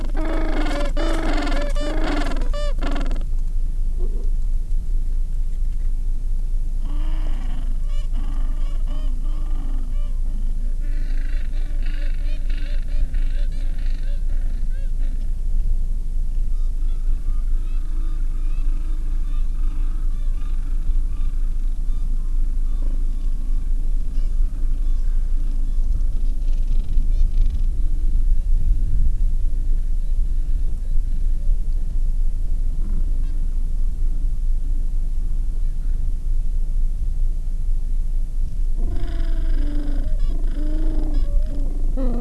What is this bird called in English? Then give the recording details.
Gentoo Penguin. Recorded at the colony at Selvic Cove, Antarctica, on 13 December 2015. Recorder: Song Meter SM2+